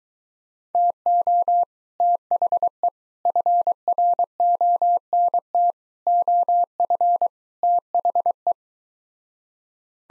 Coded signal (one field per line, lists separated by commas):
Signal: Morse code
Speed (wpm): 23 wpm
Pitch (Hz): 700 Hz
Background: none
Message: TO THE FRONT OF THE